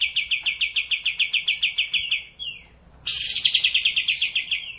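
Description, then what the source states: Cililin song: a fast run of about fifteen sharp, evenly repeated notes, a brief pause, then a bright, buzzy rapid trill that fades toward the end. Song in the kapas tembak style.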